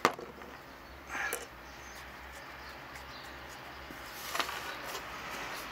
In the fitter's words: ça c'est bien enclenché vous regardez là